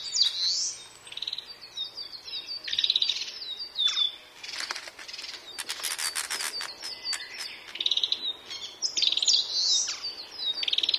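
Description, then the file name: Narcissus flycatcher singing bright whistled phrases with slurred and trilled notes, broken by bursts of dry clicking and crackling sounds midway. "kibitaki"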